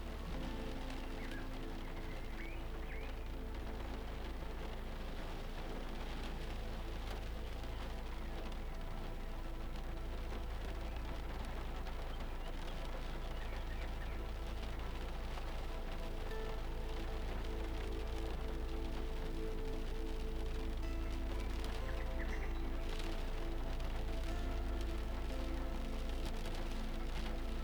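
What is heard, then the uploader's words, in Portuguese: Sheltered from a storm, rain falls steadily, a dense patter of drops and small ticks hitting a surface throughout. A constant deep rumble runs underneath, along with faint steady humming tones, and the level stays even for the whole time. Protegido de uma tempestade.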